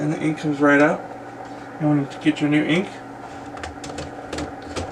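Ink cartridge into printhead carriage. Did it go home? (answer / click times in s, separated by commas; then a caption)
yes / 3.6 s. A new plastic ink cartridge is slid into the printhead carriage of an Epson XP 440 printer and pushed down until it latches. Someone talks at first, then a click is heard at 3.6 s as the cartridge seats, followed by a few more short handling sounds.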